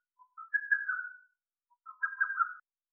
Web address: Lesser cuckoo